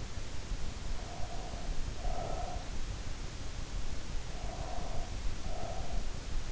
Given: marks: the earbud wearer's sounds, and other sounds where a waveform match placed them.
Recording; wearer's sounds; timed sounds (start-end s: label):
sounds in sleep by an in-ear microphone; breath
0.86-3.07 s: breath
4.22-6.43 s: breath